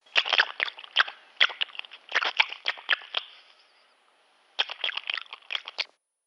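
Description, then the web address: Dog lapping: quick runs of wet, clicking laps, a short pause, then a final burst. Lapping; vintage. "SFXSource AOS Dog Lapping Vintage"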